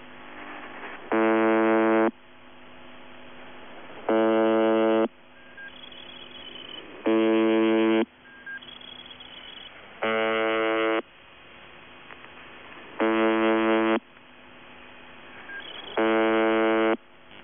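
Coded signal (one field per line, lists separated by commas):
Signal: channel marker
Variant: UVB-76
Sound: six harsh one-second buzzes, about one every three seconds, with hiss between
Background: radio static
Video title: [UVB-76, The Buzzer] Voice Message; 18. February 2021, 13:45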